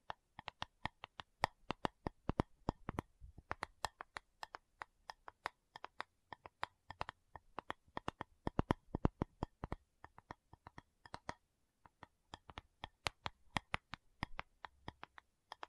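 A tapping session of sharp, crisp taps in quick irregular bursts, steady throughout, with brief pauses between clusters and no talking.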